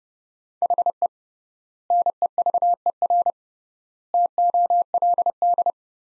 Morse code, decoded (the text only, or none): HE NEVER TOLD